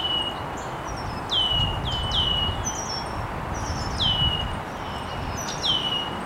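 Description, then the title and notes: Birds chirping, clear descending whistled notes repeated several times, with faint higher chirps, over a low steady rumble and hiss. Birds chirping very early in the morning in an estuary. "Birds Chirping in the Early Morning. Original sounds of birds chirping very early in the morning in an estuary"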